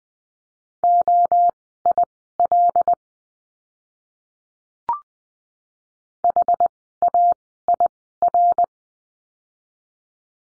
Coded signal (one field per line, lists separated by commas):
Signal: Morse code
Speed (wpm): 20 wpm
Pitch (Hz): 700 Hz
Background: none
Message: OIL HAIR